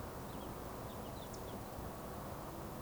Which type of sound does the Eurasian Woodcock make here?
whistle